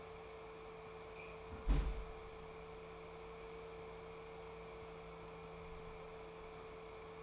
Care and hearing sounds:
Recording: daily activity, microphone in the room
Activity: close fridge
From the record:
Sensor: 1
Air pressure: 1015.0 hPa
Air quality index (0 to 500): 194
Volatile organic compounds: 22 ppm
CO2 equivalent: 2741 ppm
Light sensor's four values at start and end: 11/26/10/12 and 11/26/10/11

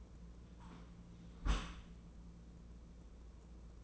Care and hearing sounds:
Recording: daily activity, microphone in the room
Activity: close dishwasher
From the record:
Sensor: 1

